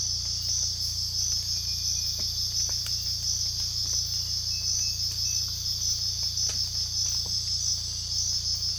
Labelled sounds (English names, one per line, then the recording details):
none
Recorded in secondary vegetation near Puerto Asís, Putumayo, Colombia, on 18 December 2024 at 05:00
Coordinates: 0.484, -76.319
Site GP06